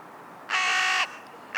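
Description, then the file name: Carrion crow delivering one drawn-out, grating caw, followed shortly by the start of another harsh note. "Corvus corone"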